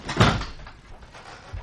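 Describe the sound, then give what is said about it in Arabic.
A door swings shut with a single solid thud and brief wooden clatter, followed by a faint low knock as it settles, then quiet. “والآن فلأطفئ النور ولأغلق الباب”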